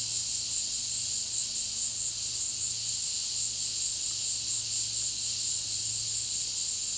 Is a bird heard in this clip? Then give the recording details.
no. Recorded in dense forest near Puerto Asís, Putumayo, Colombia, on 20 February 2024 at 14:00. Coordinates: 0.496, -76.326. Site G6383